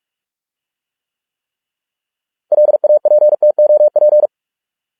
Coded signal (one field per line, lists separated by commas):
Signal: Morse code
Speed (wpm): 46 wpm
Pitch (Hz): 600 Hz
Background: none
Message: LAPTOP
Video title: Morse code 45 wpm exercise with images